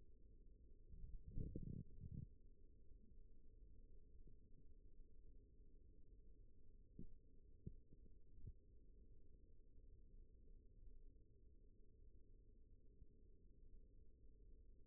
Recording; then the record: forearm muscle sounds (acoustic myography)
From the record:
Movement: rest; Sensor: system 1, eight BSWA MPA416 microphones around the upper forearm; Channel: 1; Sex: male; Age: 42 years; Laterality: right